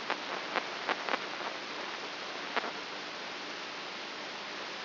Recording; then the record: brain microelectrode recording played as sound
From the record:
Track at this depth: inside the subthalamic nucleus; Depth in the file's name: 5.04 mm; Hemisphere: right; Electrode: 2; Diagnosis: Parkinson's disease